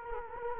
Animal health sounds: mosquito wingbeat signal from an infrared sensor; Culex quinquefasciatus

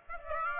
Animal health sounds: mosquito wingbeat signal from an infrared sensor; Aedes aegypti

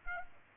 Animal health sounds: mosquito wingbeat signal from an infrared sensor; Aedes aegypti

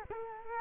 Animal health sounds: mosquito wingbeat signal from an infrared sensor; Culex quinquefasciatus

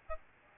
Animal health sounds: mosquito wingbeat signal from an infrared sensor; Aedes albopictus

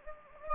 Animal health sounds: mosquito wingbeat signal from an infrared sensor; Anopheles gambiae

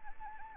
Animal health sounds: mosquito wingbeat signal from an infrared sensor; Anopheles arabiensis

